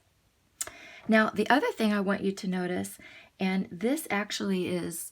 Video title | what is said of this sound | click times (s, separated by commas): NEW Stampin' Up!® Paper Trimmer - In Depth Review & Savvy Tips | just naturally locks in place and the same thing with the arm it just naturally slides into place so I really like that | 0.6 s